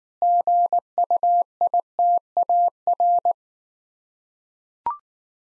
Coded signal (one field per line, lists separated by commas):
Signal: Morse code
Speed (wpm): 19 wpm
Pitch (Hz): 700 Hz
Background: none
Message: GUITAR